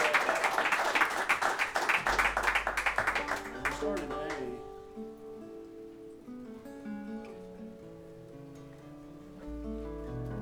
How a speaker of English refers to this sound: One more time, a round of applause